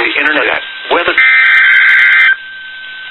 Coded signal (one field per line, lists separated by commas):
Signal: Emergency Alert System (SAME) tones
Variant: header bursts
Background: speech